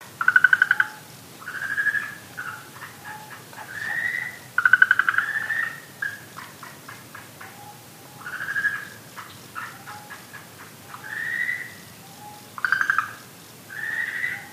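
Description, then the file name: Okinawa green tree frog calls: drawn-out mid-pitched croaks alternate with dry, rapid clicking pulse trains, several notes every few seconds. "okinawaaogaeru"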